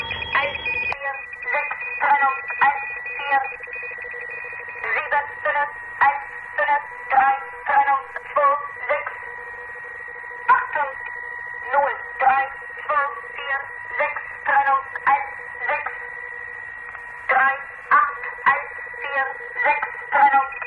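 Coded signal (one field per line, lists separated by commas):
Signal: numbers station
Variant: Gong Station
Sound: short evenly spaced voiced syllables through narrow, distorted radio audio with a faint hum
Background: radio static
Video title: The Conet Project - Gong Station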